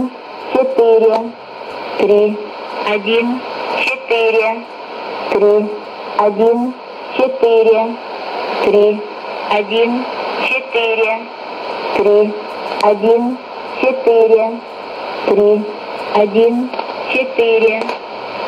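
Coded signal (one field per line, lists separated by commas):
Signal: numbers station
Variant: S06s Russian Lady, Russian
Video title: 11 01 2018 Numbers station S06s Russian Lady in Russian to Eu 0940 on 9540 unknown tx site in CUSB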